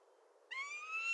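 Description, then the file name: Prairie falcon call: one drawn-out, harmonically rich whining note that starts midway and edges slightly upward in pitch, over a faint low background hiss. "Prairie Falcon - Falco mexicanus"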